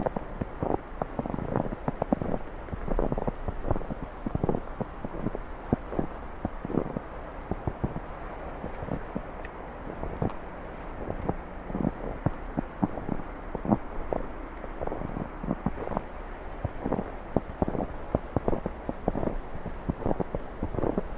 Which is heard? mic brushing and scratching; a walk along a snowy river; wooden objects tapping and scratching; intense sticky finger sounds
a walk along a snowy river